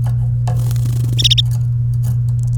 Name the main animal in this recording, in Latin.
Serinus canaria